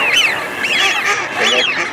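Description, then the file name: Eurasian wigeon calls: several nasal, arching harmonic notes overlapping in three quick bursts over a steady hiss. Female, Russia. "Свиязь Fischione"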